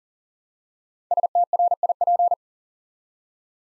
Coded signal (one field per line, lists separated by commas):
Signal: Morse code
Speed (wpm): 40 wpm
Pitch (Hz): 700 Hz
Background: none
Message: STRIP